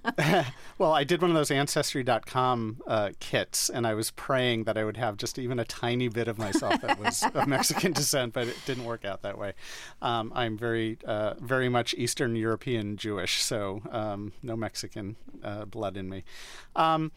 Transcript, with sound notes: Well, I did one of those ancestry.com kits, and I was praying that I would have just even a tiny bit of myself that was of Mexican descent.
(Laughter).
But it didn't work out that way. I'm very, very much Eastern European Jewish, so no Mexican blood in me.